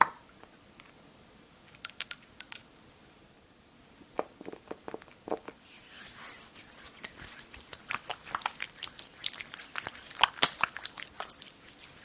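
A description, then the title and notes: Skin care sounds: sharp taps and clicks come in sparse clusters over the first five seconds. From about six seconds a soft, hissy rubbing sets in, with quick bright crackles and taps scattered over it to the end. TimASMR-Layered Skin Care Sounds (Cleansing, Scrubbing, Tapping, Face Touching, No Talking).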